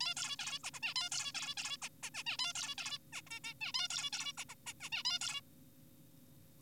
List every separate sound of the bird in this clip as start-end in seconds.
0.01-0.14, 0.17-0.36, 0.39-0.59, 0.64-0.71, 0.74-0.80, 0.82-0.94, 0.96-1.09, 1.12-1.32, 1.34-1.54, 1.57-1.77, 1.82-1.89, 2.03-2.10, 2.15-2.23, 2.27-2.37, 2.39-2.53, 2.55-2.75, 2.78-2.98, 3.13-3.22, 3.27-3.30, 3.31-3.40, 3.44-3.54, 3.61-3.72, 3.75-3.88, 3.90-4.10, 4.13-4.33, 4.38-4.45, 4.49-4.55, 4.67-4.73, 4.81-4.90, 4.92-5.03, 5.05-5.18, 5.21-5.41